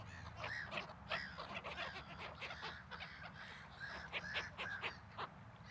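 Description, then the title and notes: Gull calls, a busy run of loud, squealing, harmonic cries over a low background rumble. At a waterfront. "Seagulls. You went to the waterfront to meditate on Saturday"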